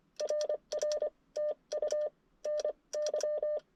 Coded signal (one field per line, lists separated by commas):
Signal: Morse code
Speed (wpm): 23 wpm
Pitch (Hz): 600 Hz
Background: none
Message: RRTU NY